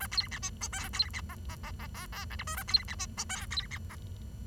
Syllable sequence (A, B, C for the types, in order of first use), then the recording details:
A B C D E F B C G G G G H H I J K A B C D E F B C G. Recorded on 23 June 2012 at 09:40. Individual gr41rd51